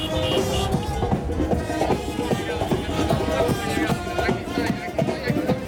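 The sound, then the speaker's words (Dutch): A crowd of football fans cheering and chanting together while walking over a footbridge across a motorway to the stadium at the 2022 World Cup in Qatar, a steady, dense wall of many voices with rhythmic shouts and footsteps beneath, loud throughout without pause. “En ik loop nu met fans over een loopbrug over de snelweg om bij het stadion te komen. En die fans, ja, u hoort het, ze hebben er zin in.”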